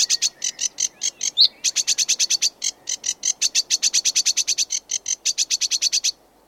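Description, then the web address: Sedge warbler song: quick, dry, buzzy notes rattled off in a steady stream, with one brief higher squeak early on, ending abruptly after about six seconds. "sedgewarbler singing"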